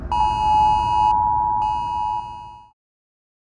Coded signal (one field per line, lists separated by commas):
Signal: Emergency Alert System (SAME) tones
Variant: 853 and 960 Hz attention tone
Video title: Celestina: Reverse Isekai - an EAS Scenario/Audio Drama